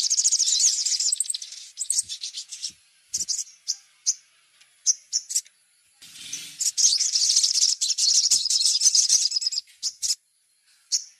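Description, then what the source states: Little spiderhunter song: extended high chattering trills at the start and again midway, separated by clipped, sharp notes, with a thin constant whine behind. Masteran recording, used for training songbirds.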